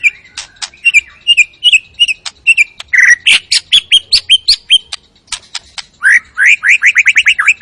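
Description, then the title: White-rumped shama song, a fast medley of sharp chips, clicks and whistled notes ending in a rapid series of repeated upslurred notes. Lure recording of an energetic, full-repertoire singing shama, meant to stir up the emotion of other birds. "PANCINGAN MURAI BATU. MURAI GACOR SUPER EDAN SEMUA MATERI DI KELUARIN COCOK BUAT DONGKRAK EMOSI. SHAMA BIRD"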